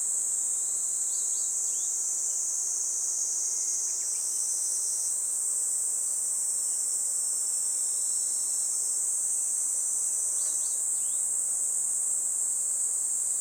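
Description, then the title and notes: Kaempfer cicada chorus as a steady shrill buzz throughout, with a few short bird notes near one second and again around ten seconds. Chorus of many Kaempfer cicadas in a forest by the Tama River, Japan, as they began singing in summer, a pleasant noise heralding summer; birds also calling. "多摩川の森、ニイニイゼミたちの合唱"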